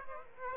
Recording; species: mosquito wingbeat signal from an infrared sensor; Aedes aegypti